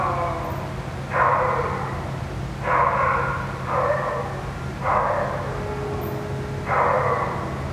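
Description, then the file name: Dog crying in short whining bursts about every one to two seconds, with a faint steady hum underneath. Dog crying near a ventilation system. "francisco meirino - a dog crying near a ventilation system"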